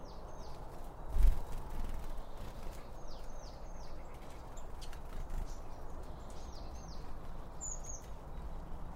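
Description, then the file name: Birds give short groups of quick downslurred whistles every few seconds, plus a single high call near the end, over a low rumbling background and one thump. Birds around a bird feeder, recorded with two Line Audio OM1 microphones. "Birds Around Birdfeeding With Two Om 1 From Line Audio"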